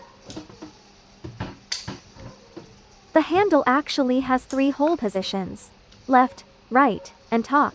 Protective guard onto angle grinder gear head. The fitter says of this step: and it will click into place.